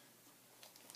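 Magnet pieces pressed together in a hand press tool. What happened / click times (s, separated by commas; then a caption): The press is being handled and has not locked yet / none. Paper and magnet pieces are handled in an Imaginisce I-Top hand press tool used for making magnets, ahead of pressing them together. Low steady background noise gives way to a few faint, brief high-pitched ticks between about 0.6 and 1.0 seconds. Nothing has seated or clicked into the locked position yet.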